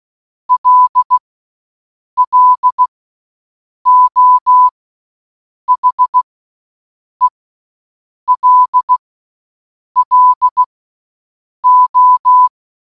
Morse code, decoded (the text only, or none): LLO HELLO